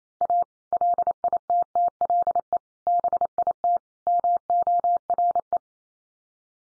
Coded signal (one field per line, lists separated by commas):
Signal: Morse code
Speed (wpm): 28 wpm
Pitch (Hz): 700 Hz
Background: none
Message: A LITTLE BIT MORE